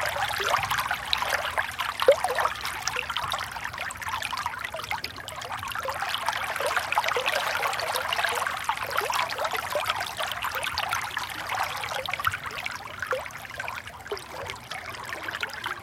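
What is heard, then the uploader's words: A light river trickles and babbles steadily, dense bright splashing throughout, with a faint low hum running underneath and a small splash near two seconds. Light River Sounds.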